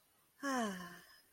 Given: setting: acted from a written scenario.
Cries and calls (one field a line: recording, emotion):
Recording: vocal sound without words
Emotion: serenity